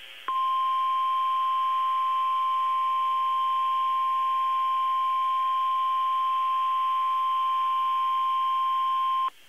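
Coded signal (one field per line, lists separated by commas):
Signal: Emergency Alert System (SAME) tones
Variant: 1050 Hz attention tone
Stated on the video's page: Hurricane Force Wind Warnings encoded as Hurricane Warnings on NOAA Weather Radio station KEC73 from the Taunton, MA weather office.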